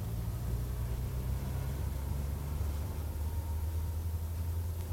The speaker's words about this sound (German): Draußen fangen schon die Autos an zu fahren.